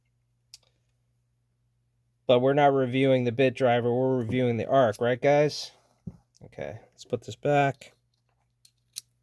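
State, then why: Seated. Someone talks, then pushes the unlock lever on a Leatherman Arc multitool and folds the steel bit-driver tool back into the handle. A few light clicks sound near 0.5 s and 8.7 s, and the tool snaps into place with a sharp click at 9.0 s.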